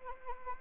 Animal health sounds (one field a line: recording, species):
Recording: mosquito wingbeat signal from an infrared sensor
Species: Anopheles arabiensis